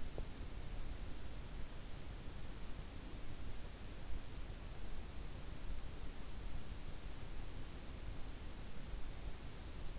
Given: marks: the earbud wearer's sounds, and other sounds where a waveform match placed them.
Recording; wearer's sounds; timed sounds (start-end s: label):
sounds in sleep by an in-ear microphone; teeth grinding
0.00-0.39 s: teeth grinding